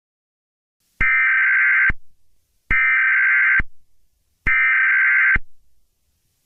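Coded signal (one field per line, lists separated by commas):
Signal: Emergency Alert System (SAME) tones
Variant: header bursts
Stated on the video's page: Fictional EAS scenario.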